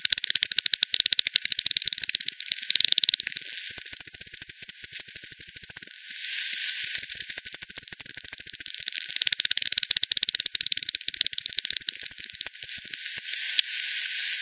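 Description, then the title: Bat echolocation calls rendered as dense, rapid dry clicks and ticks, overlapping trains of pulses running almost continuously with a brief softer patch near six seconds. "WW bat 20201007 T 18 : 10 Z-Hogsmill-Lane-Hogsmill-River-multiple-bats"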